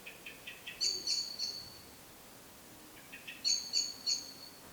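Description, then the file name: Common blackbird calls: a run of soft clipped notes leads into sharp high chinks, then the same pattern repeats after a pause. "Turdus merula"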